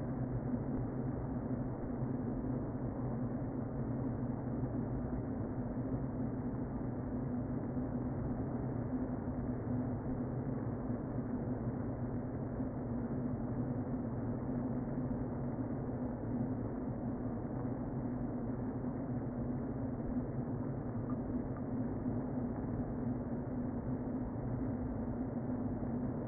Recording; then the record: honeybee colony, microphone inside the hive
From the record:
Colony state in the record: queen present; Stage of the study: before two queens were removed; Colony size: about 60,000 bees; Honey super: yes